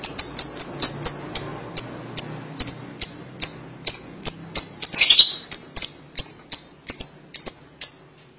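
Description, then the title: Lovebird chirps, a long steady run of sharp high piping notes roughly three per second, with one short buzzy chatter partway through. "BM Suara Burung Lovebird"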